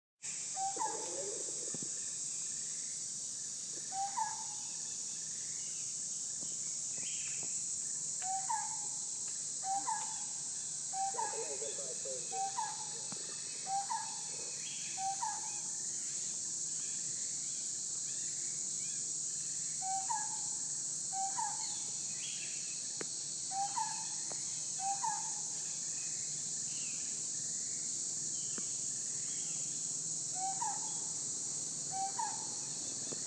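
A morning among the ruins, with a loud, unbroken wall of high insect buzzing over everything. A bird repeats short, rising mid-pitched calls in runs of three to five through the clip, and a few softer, lower calls appear early on.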